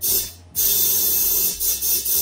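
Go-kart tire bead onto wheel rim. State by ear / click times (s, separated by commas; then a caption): not seated / none. A go-kart tubeless tire is inflated again after a ratchet strap around its tread is tightened to push the rubber bead onto the wheel rim. A steady, broadband hiss of rushing air fills the clip, dipping briefly around 0.4 s and again near 1.6 s, with no pop or snap. The bead has not seated on the rim.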